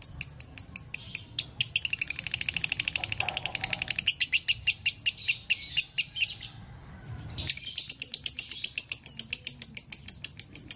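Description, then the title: Canary song: rapid high trilled notes repeated in quick bursts, a brief pause near seven seconds, then a renewed fast trill of regular notes. Canary song on a long-duration masteran (training track for songbirds). "Kicauan Kenari"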